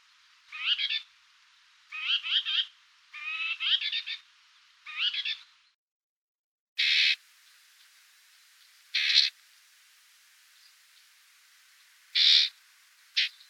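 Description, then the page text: Common whitethroat song: four short scratchy, jerky warbled phrases about a second apart. "Серая славка"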